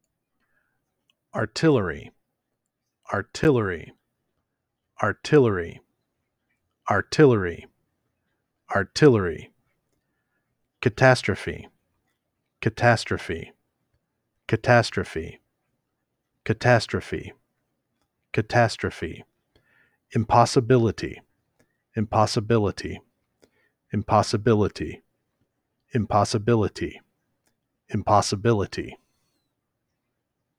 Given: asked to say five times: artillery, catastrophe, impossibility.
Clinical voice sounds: three words, each repeated; male; 40 to 49 years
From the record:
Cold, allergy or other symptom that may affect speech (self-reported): no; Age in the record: 44 years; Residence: Tennessee, United States

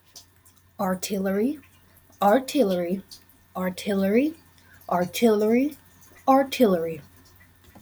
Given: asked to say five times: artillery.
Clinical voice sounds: repeated word; female; 20 to 29 years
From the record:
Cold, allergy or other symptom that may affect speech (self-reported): no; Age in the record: 24 years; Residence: Arkansas, United States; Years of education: 13

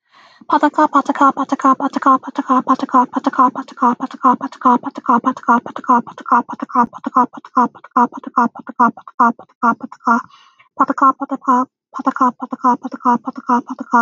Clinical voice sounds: repeated syllables /pa ta ka/; female; 20 to 29 years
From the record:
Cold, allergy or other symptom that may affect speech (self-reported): no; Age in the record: 25 years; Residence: New York, United States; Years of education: 16

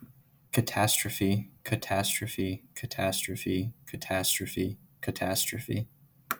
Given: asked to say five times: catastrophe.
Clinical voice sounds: repeated word; male; 20 to 29 years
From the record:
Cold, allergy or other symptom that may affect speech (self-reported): no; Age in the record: 21 years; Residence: New Hampshire, United States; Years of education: 14

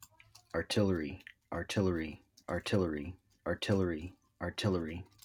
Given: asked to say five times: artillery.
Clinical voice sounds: repeated word; male; 30 to 39 years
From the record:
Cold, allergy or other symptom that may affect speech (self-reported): no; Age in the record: 38 years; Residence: Maryland, United States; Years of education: 14

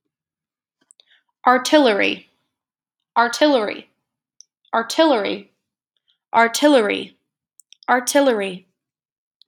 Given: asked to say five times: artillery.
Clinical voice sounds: repeated word; female; 20 to 29 years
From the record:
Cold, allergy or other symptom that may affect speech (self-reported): no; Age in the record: 27 years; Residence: Georgia, United States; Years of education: 19

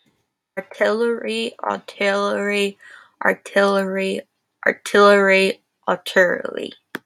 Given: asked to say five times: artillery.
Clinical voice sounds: repeated word; female; 20 to 29 years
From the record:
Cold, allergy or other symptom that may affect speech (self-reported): no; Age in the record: 21 years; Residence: Florida, United States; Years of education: 16

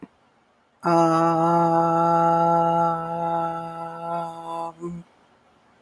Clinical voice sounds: vowel held as long as possible; female; 40 to 49 years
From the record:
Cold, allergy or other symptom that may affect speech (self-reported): no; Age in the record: 48 years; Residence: Ohio, United States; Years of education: 16

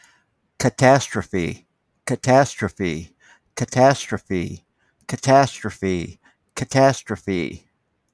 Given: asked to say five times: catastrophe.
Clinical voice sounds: repeated word; male; 60 to 69 years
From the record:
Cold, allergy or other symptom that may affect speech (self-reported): no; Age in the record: 64 years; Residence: Florida, United States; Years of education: 15

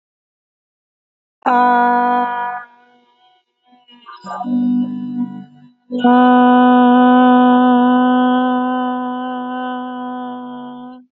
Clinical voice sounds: vowel held as long as possible; female; 20 to 29 years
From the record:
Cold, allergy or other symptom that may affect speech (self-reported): no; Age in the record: 29 years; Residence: California, United States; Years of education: 8

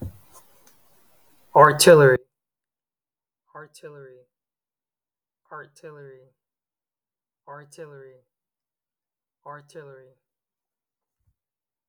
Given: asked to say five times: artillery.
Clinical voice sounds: repeated word; male; 18 to 19 years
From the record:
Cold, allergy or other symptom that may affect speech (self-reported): no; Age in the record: 18 years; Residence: Florida, United States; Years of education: 12

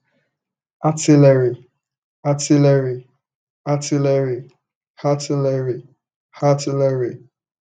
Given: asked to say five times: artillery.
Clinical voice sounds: repeated word; male; 40 to 49 years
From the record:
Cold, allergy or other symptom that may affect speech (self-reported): no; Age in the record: 45 years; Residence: California, United States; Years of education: 16

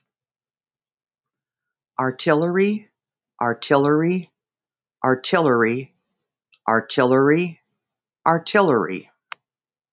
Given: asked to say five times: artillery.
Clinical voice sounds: repeated word; female; 50 to 59 years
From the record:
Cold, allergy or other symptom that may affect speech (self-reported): no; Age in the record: 53 years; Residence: Arizona, United States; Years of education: 12

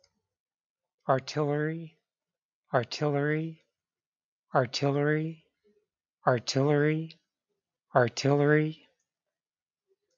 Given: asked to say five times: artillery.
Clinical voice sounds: repeated word; male; 40 to 49 years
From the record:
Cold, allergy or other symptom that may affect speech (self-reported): no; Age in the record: 44 years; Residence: New Mexico, United States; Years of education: 14

